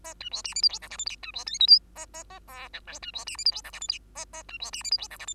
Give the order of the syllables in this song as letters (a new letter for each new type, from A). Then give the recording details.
A B C D E F G H I J K B C L M N A A A O P Q B C D E F G H I J K A A B C D E F G H I J. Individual Bird2